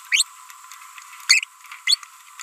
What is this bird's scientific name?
Forpus passerinus